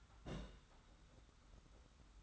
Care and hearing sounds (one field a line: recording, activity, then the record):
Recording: daily activity, microphone in the room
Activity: place on stove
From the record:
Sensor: 3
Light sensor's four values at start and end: 45/124/51/44 and 45/124/51/44